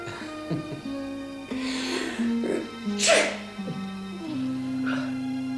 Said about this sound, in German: Gesundheit.